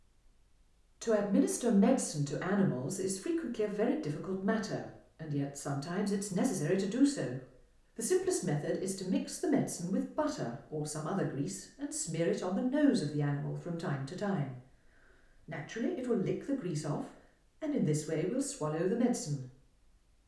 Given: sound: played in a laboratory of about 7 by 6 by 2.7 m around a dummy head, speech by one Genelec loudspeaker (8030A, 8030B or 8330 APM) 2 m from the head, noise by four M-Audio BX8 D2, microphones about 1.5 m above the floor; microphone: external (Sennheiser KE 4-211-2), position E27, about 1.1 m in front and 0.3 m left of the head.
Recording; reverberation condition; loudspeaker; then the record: female speech in English; medium; 90 degrees to the left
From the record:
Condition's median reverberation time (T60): about 510 ms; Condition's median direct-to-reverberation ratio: about -0.5 dB